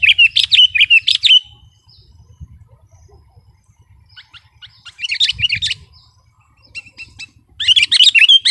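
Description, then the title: Sooty-headed bulbul song: three short bursts of bubbly, chattering notes separated by pauses, with a low background hum throughout. "kutilang"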